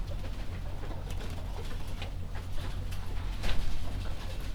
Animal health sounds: poultry house recording; healthy chickens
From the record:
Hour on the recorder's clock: 22

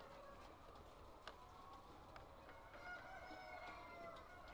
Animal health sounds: poultry house recording; healthy chickens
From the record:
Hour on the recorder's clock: 8

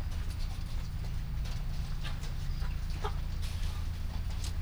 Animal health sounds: poultry house recording; sick chickens (respiratory disease)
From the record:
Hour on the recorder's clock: 21

